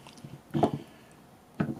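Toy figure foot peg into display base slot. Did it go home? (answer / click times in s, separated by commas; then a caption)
no / none. A plastic peg under a PNSO Tyrannosaurus rex "Wilson" 2.0 toy figure is handled against the longer slot of a plastic display base, where it is meant to slide back and lock in place. Soft handling noise is followed by a cluster of hollow plastic knocks around 0.5–0.8 s and another sharp knock at 1.6 s. Nothing has seated or clicked yet.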